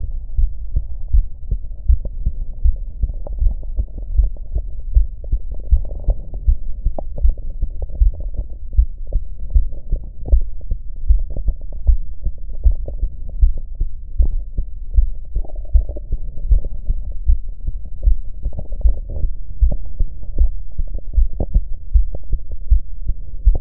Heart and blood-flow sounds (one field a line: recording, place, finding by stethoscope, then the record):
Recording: heart sounds by stethoscope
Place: mitral valve (MV)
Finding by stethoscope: normal heart sounds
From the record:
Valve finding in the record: normal valve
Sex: female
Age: 57 years